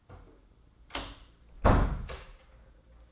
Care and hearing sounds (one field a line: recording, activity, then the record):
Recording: daily activity, microphone in the room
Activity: close door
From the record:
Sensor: 3